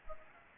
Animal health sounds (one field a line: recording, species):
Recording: mosquito wingbeat signal from an infrared sensor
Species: Anopheles gambiae